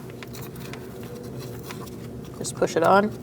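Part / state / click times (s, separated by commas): knock sensor wiring connector onto knock sensor / not seated / none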